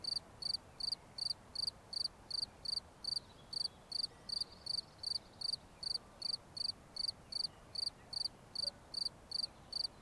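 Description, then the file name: Cricket chirping: short high pulsed chirps repeated steadily, roughly two or three per second, over a soft background hiss. "Grillons"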